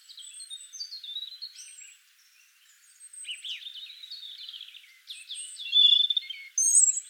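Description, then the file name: European robin song: thin, high whistles and wavering trills, fading briefly before louder, brighter phrases at the end. "Erithacus rubecula"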